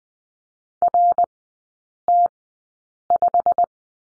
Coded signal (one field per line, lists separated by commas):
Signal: Morse code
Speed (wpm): 20 wpm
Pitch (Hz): 700 Hz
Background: none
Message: RT5